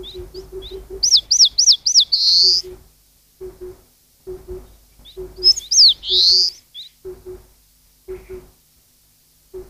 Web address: cats sikioto birds sendaimushikui